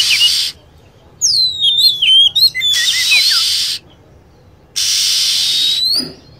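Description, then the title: Lovebird calls, a rapid run of shrill descending and rising chirps, with blocks of broad hissing noise before and after. Lure recording meant to attract lovebirds. "PIKAT BURUNG LOVEBIRD"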